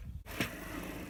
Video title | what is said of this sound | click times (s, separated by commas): Evolution F210 SMS 210MM SLIDING MITRE SAW Setup And Testing | part is toll free and it just simply slots in until you hear it click and then it's locked in place | 0.4 s